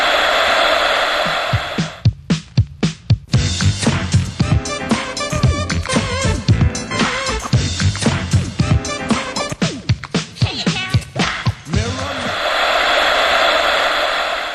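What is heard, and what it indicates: Steady broadband hissing noise opens and closes a stretch of percussive music, simulating how tinnitus sounds alongside and masks music.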